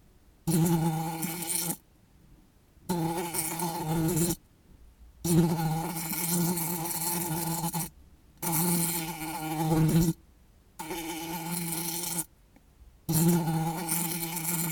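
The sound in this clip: Bluebottle fly giving repeated bursts of low, droning buzz, each burst humming steadily before cutting off into silence.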